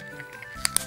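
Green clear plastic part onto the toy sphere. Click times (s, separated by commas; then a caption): 0.7 s, 0.8 s. A second green clear plastic part is pressed onto a toy sphere and snaps into place. Over a steady background hum, two sharp snap clicks are heard at 0.6 and 0.8 seconds as the part seats.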